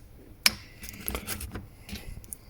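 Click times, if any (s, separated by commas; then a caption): 0.5 s. The metal joint of an adjustable-head hand tool, made for use in small tight spaces, is moved and snaps back into its original detent position with a sharp click at 0.5 s. Fainter ticks and handling rustle follow as the tool is handled, and the joint is left seated back in place.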